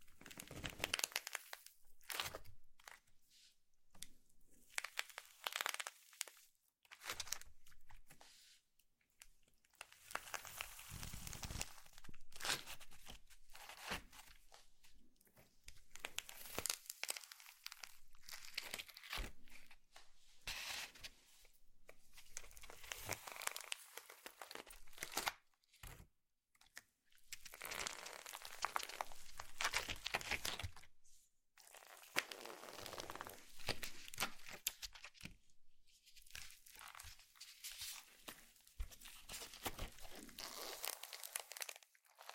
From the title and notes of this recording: ASMR SLIME SATISFYING - NO TALKING.